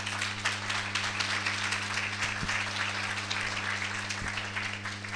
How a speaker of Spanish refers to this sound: Pueden aplaudirla si quieren